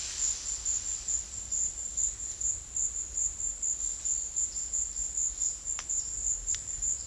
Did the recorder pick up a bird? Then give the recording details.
no. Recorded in dense forest near Puerto Asís, Putumayo, Colombia, on 19 February 2024 at 12:00. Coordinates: 0.485, -76.325. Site G6429